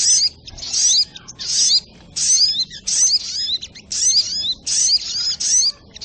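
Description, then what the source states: Little spiderhunter song: repeated sharp, high twittering bursts with slurred squeaky notes, following in quick succession. Masteran (Indonesian songbird training recording), labelled with the variant name Labaik.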